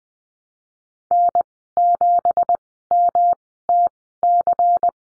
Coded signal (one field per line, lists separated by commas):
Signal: Morse code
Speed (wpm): 20 wpm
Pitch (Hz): 700 Hz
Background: none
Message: N7MTC